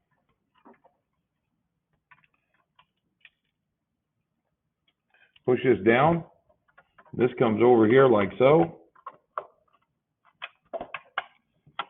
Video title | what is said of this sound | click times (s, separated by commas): Two Stroke Rebuild | and it just pops into place | 11.2 s